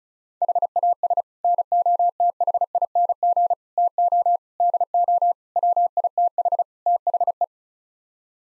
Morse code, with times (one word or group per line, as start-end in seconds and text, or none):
0.4-1.2 HAS
1.4-3.5 NOTHING
3.8-4.4 TO
4.6-5.3 DO
5.6-6.6 WITH
6.9-7.4 THE